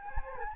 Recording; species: mosquito wingbeat signal from an infrared sensor; Anopheles gambiae